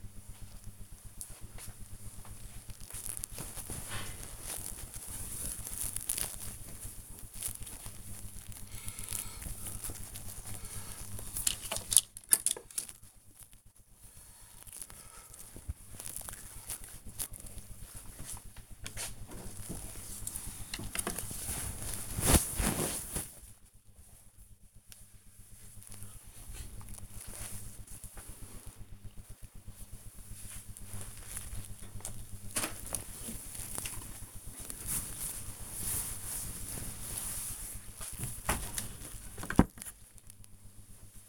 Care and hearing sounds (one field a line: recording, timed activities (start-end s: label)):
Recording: household activities, microphone on the right wrist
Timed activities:
0.00-41.29 s: tidy up the wardrobe